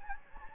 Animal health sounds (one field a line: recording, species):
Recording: mosquito wingbeat signal from an infrared sensor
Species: Anopheles gambiae